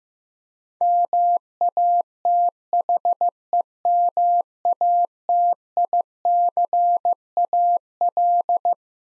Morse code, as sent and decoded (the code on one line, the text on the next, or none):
-- .- - .... . -- .- - .. -.-. .- .-..
MATHEMATICAL